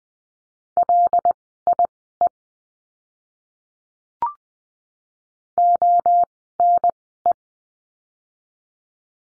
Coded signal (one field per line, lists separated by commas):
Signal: Morse code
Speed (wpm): 20 wpm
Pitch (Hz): 700 Hz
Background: none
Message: LIE ONE